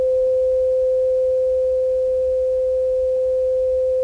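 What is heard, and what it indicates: A steady, continuous pure tone near 530 Hz from an audiometer, played as a test tone for tinnitus matching. The pitch is set a little lower, and the tone is compared with the patient's own ear noise. A faint low hum sits underneath.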